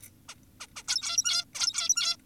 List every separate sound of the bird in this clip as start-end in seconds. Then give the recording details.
0.29-0.35, 0.60-0.67, 0.76-0.84, 0.88-1.45, 1.54-2.16. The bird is an adult. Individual g17y2U